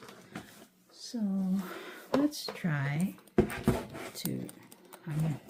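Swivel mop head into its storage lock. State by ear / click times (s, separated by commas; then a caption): seated / 0.4 s. A Bona floor spray mop's swivel head is folded into its storage position and locks in place with a single click at 0.4 s. Someone talks over the rest of the clip.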